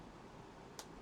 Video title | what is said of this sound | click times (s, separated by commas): Building the MG Strike Rouge + Ootori, by Bandai. Part 2. | hopefully snaps in place nice and tight | 0.8 s